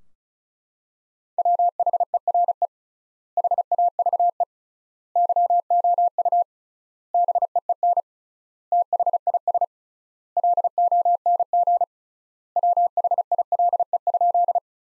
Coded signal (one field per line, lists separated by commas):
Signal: Morse code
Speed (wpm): 36 wpm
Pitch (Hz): 700 Hz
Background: none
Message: WHERE HAVE YOU BEEN THIS LONG WHILE?